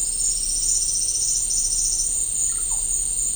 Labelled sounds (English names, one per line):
Russet-backed Oropendola